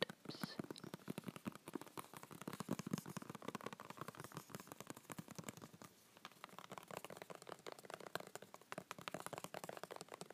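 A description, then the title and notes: Fingernails tap and scratch across a box in a fast, dense, uneven patter of crisp clicks, briefly easing just before six seconds. Unboxing a box of three different hand and nail creams. Nail box tapping and scratching.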